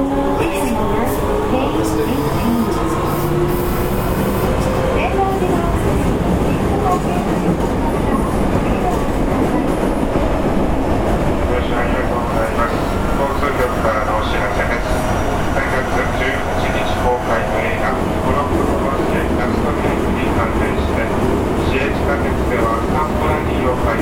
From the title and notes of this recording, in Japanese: 大阪市交通局 堺筋線66系 天下茶屋から天六まで。大阪市営地下鉄 66系電車の走行音です。堺筋線の列車にて収録しました。区間は、天下茶屋から天神橋筋六丁目までです。